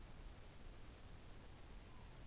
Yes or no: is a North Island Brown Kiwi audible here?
no